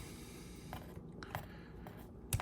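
Plastic shoulder-mounted guns on a transforming action figure are rotated up over its shoulder. Small clicks and scrapes are heard before they snap into their set position with a sharp click at 2.3 s, and they are seated.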